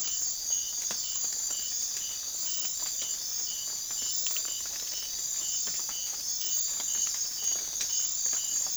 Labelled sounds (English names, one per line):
none